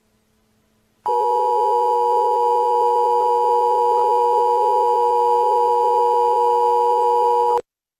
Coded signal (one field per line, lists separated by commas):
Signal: Emergency Alert System (SAME) tones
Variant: 853 and 960 Hz attention tone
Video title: THE HEADLESS PHENOMENON || EAS Broadcast || May 5th 1992 ||